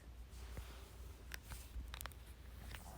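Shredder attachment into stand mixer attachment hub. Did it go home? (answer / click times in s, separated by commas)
no / none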